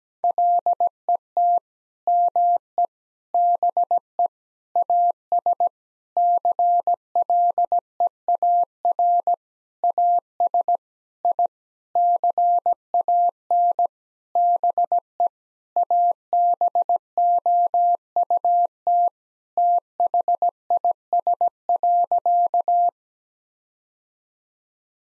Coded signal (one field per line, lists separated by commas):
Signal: Morse code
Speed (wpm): 17 wpm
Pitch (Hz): 700 Hz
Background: none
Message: LET ME BE AS CLEAR AS I CAN BE ABOUT THIS.